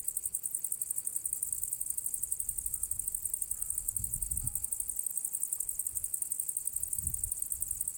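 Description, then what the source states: Crickets keep up an unbroken high, rapid trill, with a few faint thin tones and low thumps underneath. Recorded on the south slope of the path to the Cosilinium archaeological area; Zoom H6 recorder with MSClip capsule.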